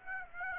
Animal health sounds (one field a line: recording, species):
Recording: mosquito wingbeat signal from an infrared sensor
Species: Aedes aegypti